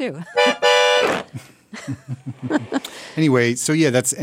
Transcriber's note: playing accordion; laughter